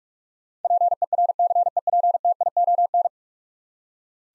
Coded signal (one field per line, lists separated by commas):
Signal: Morse code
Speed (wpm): 42 wpm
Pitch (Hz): 700 Hz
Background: none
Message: PERCEPTION